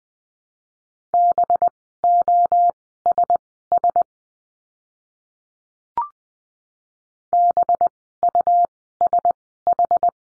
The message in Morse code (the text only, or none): BOSS BUSH